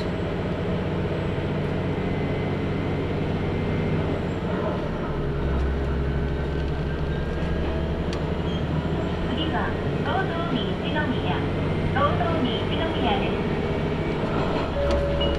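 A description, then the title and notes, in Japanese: Inside a Tenryu Hamanako Railway car, a fairly empty one after many passengers got off at Tenryu-Futamata. A steady low rumble of the running train fills the whole clip, deepening around five to eight seconds, with faint voices and small clicks and squeaks scattered after nine seconds. 天竜浜名湖鉄道 天竜二俣→森町病院前→遠江一宮。天竜二俣でかなり降りて空いた車内。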